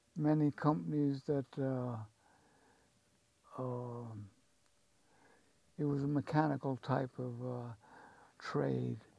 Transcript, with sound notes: many companies that - [pause] it was a mechanical type of trade.